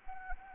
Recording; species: mosquito wingbeat signal from an infrared sensor; Anopheles arabiensis